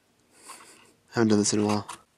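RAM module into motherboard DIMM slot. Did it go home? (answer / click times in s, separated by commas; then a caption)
no / none. A second RAM module is handled over a motherboard DIMM slot for a dual-channel setup, with soft rustling around 0.3–0.9 seconds before someone talks. Nothing has seated or clicked yet.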